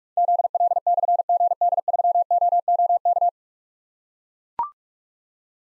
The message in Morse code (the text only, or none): ZL/GD3OOK